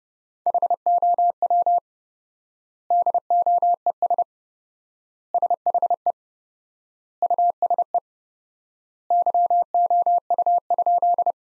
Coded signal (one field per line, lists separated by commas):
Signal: Morse code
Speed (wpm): 32 wpm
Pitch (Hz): 700 Hz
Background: none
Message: HOW DOES SHE USE YOU?